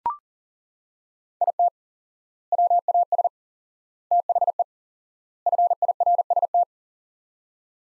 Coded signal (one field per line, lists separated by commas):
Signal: Morse code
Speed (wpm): 40 wpm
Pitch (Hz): 700 Hz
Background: none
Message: IT WAS THE FIRST